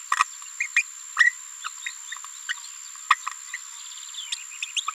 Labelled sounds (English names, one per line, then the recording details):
Green-rumped Parrotlet babbling
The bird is a female
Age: 27 days
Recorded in a nest box in Venezuela
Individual 17B73B2